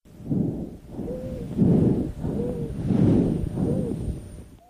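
Wheezing heard over an adult's lungs through a stethoscope: a brief musical tone near 500 Hz that recurs with each of three breaths.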